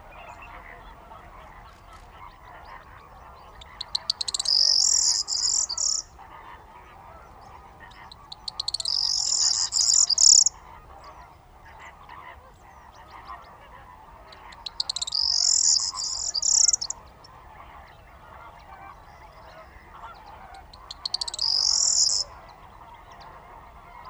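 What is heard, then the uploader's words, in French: A corn bunting sings a short, bright, jangling phrase four times, near 4, 9, 15 and 21 seconds, each burst lasting about two seconds and standing out loudly. Between songs a steady, dense murmur of calls fills the background. Réveil d'un Bruant proyer. La Gacholle - Camargue - Parabole Wildtronic - mkh8020 - mixpre3. Le jour est levé depuis moins d'une demi-heure et l'activité est grande sur les sansouires de la Gacholle. Une touffe de roseaux au bord du canal a accueilli pour la nuit quelques Bruant proyer ( Emberiza calandra) .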